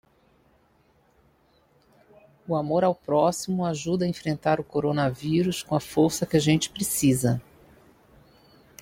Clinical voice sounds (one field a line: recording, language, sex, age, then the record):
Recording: spoken sentence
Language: Brazilian Portuguese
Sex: female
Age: 50 to 59 years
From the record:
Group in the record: control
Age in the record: 56 years